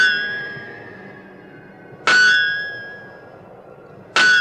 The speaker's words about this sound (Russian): Вечер на верфи. Кузнец бьет молотом по раскаленной заготовке, летят искры.